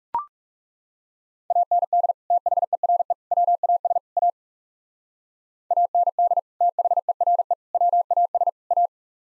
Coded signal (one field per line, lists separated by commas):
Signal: Morse code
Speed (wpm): 35 wpm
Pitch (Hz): 700 Hz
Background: none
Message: AND THERE WAS A AND THERE WAS A